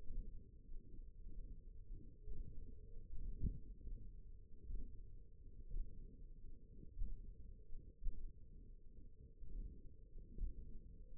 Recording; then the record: forearm muscle sounds (acoustic myography)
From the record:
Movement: hand opening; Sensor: system 1, eight BSWA MPA416 microphones around the upper forearm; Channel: 2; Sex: female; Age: 21 years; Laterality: right